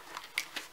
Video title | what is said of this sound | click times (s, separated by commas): NEW!!! Erin Condren Life Planner - April 2018 | you can place this anywhere inside of the planner where you want to it just pops right in pops | 0.4 s